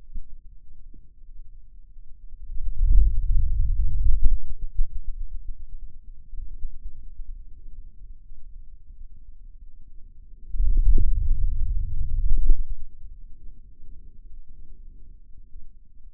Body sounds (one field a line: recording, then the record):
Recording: forearm muscle sounds (acoustic myography)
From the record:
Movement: hand opening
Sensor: system 2, bracelet of six BSWA MPA416 microphones around the upper forearm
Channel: 3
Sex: male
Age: 22 years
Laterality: right